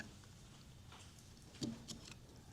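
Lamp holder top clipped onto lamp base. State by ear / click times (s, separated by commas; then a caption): released / 1.6 s. A lamp holder's top part, clipped onto a lamp base, is freed by gently spreading its small clip ears. A sharp tick at 1.6 seconds marks the part popping loose from the base, followed by a fainter tick around 2.1 seconds.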